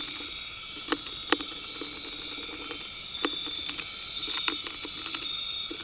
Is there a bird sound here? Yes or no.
no